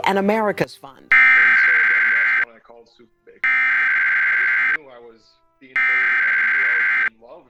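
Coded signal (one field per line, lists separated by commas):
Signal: Emergency Alert System (SAME) tones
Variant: header bursts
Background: speech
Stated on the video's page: Required Monthly Test relayed by a Portland TV station, received off-air with a USB tuner and HD TV antenna.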